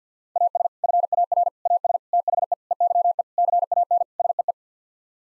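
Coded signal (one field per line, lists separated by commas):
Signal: Morse code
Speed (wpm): 50 wpm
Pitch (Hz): 700 Hz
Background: none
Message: AS FAR AS THE EYE CAN SEE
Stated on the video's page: Head-copy drill of sets of seven-word n-grams sent in Morse at 50 wpm.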